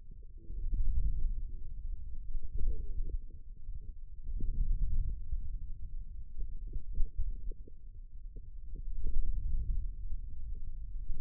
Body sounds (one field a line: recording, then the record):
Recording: forearm muscle sounds (acoustic myography)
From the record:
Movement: wrist flexion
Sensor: system 2, bracelet of six BSWA MPA416 microphones around the upper forearm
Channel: 4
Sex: male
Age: 22 years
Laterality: right